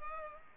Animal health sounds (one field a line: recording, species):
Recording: mosquito wingbeat signal from an infrared sensor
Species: Culex pipiens